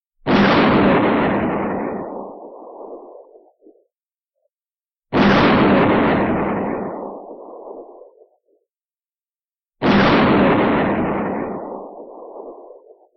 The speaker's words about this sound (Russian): Частые разрывы фугасных гранат из подствольников донеслись сквозь микрофоны шлема.